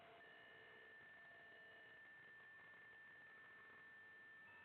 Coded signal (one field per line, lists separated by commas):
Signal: PSK63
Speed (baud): 62.5 baud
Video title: M0KNM - RSGB 3.5MHz Club Championship Data Contests Livestream 02/06/25